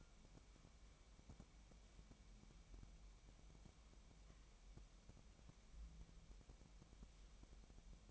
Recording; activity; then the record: daily activity, microphone in the room; wipe stove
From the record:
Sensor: 1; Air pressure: 1003.3 hPa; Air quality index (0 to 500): 200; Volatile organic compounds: 6 ppm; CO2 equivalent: 1916 ppm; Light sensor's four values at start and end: 9/22/9/11 and 9/21/9/10